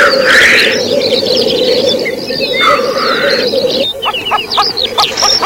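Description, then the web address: Black grouse at a lek, with continuous bubbling cooing below two hissing bursts; near the end the cooing stops and quick repeated chirps follow. "glo cietrze"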